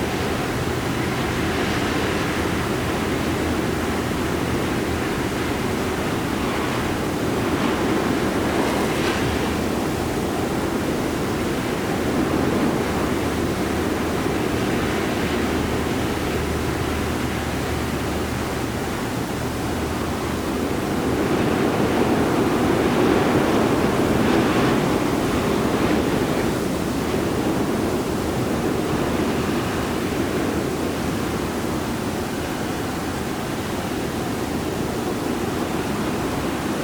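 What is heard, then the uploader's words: Steady wind and surf wash over a winter beach, a dense low roar that swells gently around ten and twenty-five seconds. Winter Beach Wind. A low tide long Walk on a desolate sunnny Winter beach somewhere along the Atlantic.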